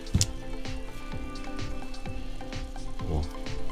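After its sides are shaved down a little at a time, a small wooden kumiko insert is pressed into a cell of a square lattice frame and seats with a sharp knock at 0.2 s. Softer taps follow at about 0.7 s and 2.5 s over a steady, faintly crackling hum.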